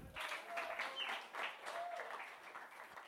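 An audience breaks into steady applause, a dense wash of overlapping claps that holds at an even, moderately loud level for a few seconds, with faint voices mixed in.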